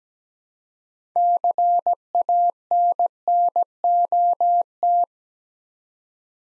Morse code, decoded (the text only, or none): CANNOT